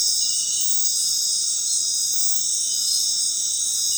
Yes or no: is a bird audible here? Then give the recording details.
no. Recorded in dense forest near Puerto Asís, Putumayo, Colombia, on 21 February 2024 at 23:00. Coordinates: 0.502, -76.326. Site G6460